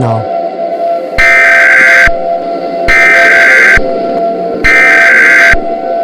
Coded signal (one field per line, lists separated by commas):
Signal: Emergency Alert System (SAME) tones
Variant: header bursts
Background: speech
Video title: EAS Scenario: Dark Titanomachy